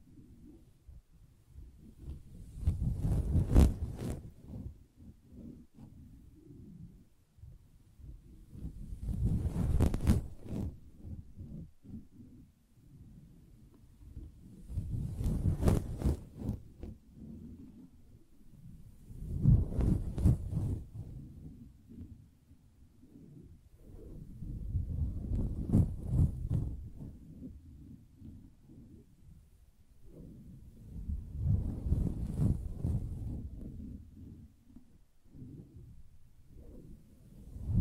Soft Fabric Surface Tapping & Scratching